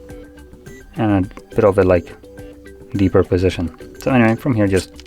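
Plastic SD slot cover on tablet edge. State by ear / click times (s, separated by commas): not seated / none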